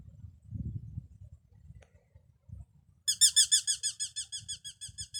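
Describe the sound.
Eurasian hobby giving a rapid run of shrill, repeated kew notes that starts about three seconds in and slowly weakens, after quiet low rumble.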